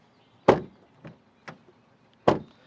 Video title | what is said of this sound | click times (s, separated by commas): ₹13 லட்சத்தில் 441 KM Range✅ & 15 Year Warranty'ஆ?🤩 MG Windsor Pro EV🔥- Tamil Detailed Drive Review | டோரோட that பொறுத்த வரைக்கும்லாம் சாலிடாக தாங்க இருக்குது. | 0.5 s, 2.3 s